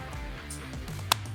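A passport wallet is closed a second time, and its snap clasp closes onto the wallet body with a single sharp click at 1.1 s over steady background music. The clasp locks shut.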